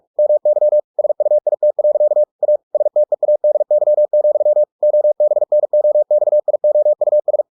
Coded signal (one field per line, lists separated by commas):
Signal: Morse code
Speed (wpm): 46 wpm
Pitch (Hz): 600 Hz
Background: none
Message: MY SUIT. A STEADY, OBNOXIOUS